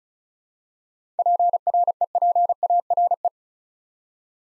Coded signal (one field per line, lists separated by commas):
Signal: Morse code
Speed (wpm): 33 wpm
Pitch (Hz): 700 Hz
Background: none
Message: PREPARE